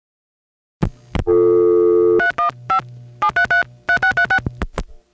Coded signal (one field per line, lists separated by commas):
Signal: DTMF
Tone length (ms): 100 ms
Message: 315 7333636